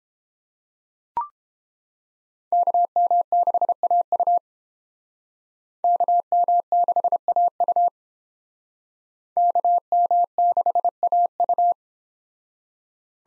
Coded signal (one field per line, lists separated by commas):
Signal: Morse code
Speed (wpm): 31 wpm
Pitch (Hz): 700 Hz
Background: none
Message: KM6AU KM6AU KM6AU